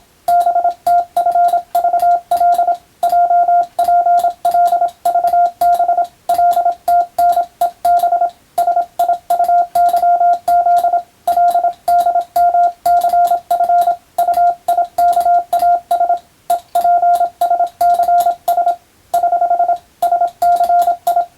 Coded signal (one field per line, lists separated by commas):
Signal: Morse code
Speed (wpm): 27 wpm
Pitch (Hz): 700 Hz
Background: radio noise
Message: BTFVL JPLVB LTNEB SIUYZ LDMCF UIKAS EPSCS <HH> SCI